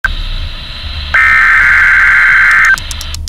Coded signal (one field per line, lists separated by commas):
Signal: Emergency Alert System (SAME) tones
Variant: header bursts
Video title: High Wind Warning - EAS #806